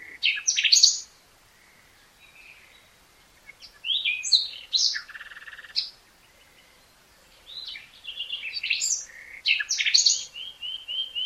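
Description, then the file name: Common nightingale song with loud varied phrases, sharp whistles and a buzzy trill, separated by quiet gaps, ending in quick repeated notes. "Luscinia megarhynchos"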